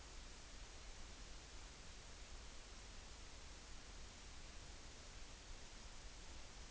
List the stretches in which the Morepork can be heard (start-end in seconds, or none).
none